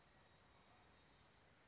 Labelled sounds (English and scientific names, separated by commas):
California Towhee (Melozone crissalis)